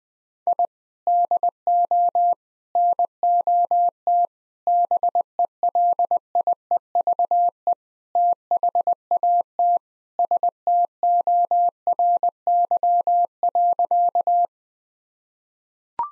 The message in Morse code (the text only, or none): I DO NOT BELIEVE THAT STORY.